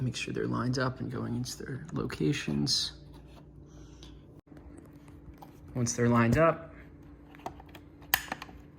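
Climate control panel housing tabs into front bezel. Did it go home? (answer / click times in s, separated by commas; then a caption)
yes / 8.1 s, 8.3 s, 8.4 s. Someone talks while lining up the plastic housing tabs of an Audi B6/B7 A4/S4/RS4 climate control panel and pressing them into their slots in the front bezel, with faint taps in between. Sharp clicks at 8.1, 8.3 and 8.4 seconds mark the tabs snapping home, and the panel housing is seated.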